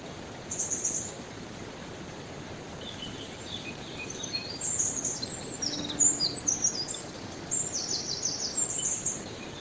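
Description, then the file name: Eurasian wren, a brief high chirp, then a quick, jumbled series of thin, high notes and rattling trills for the second half, against a constant hiss. "Troglodytes troglodytes"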